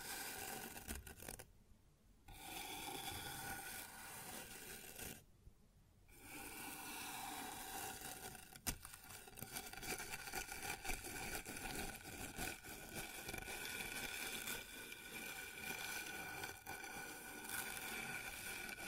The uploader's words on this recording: ASMR Sounds on Wooden Surface (No Talking).